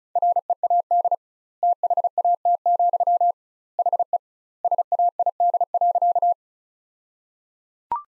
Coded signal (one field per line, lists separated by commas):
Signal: Morse code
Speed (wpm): 34 wpm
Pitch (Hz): 700 Hz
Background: none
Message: READ THAT, HE SAID.